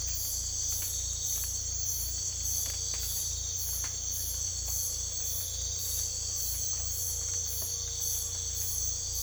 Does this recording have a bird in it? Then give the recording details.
no. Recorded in secondary vegetation near Puerto Asís, Putumayo, Colombia, on 18 December 2024 at 04:00. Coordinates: 0.488, -76.319. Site GP04